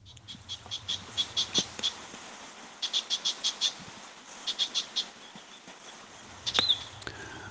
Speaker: Ja, det är en mycket typisk härmsångare.